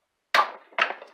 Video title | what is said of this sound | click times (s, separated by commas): Grendel Hunter Handguard Review and Install | there's a click so | 0.3 s